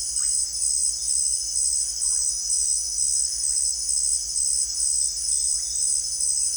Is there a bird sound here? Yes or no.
no